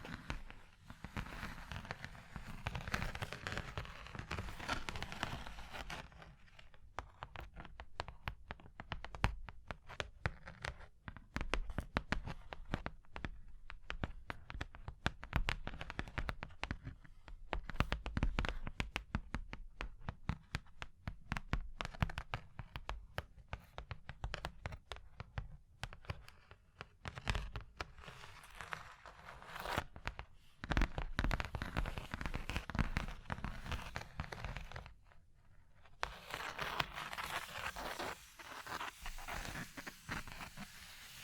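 Surface tapping, scratching and tracing sounds run through the recording, with dense, rapid taps and crackling scrapes filling most of the middle stretch. The opening five seconds and the last few are smoother, softer rubbing. The pace stays busy and fairly even, with occasional louder taps.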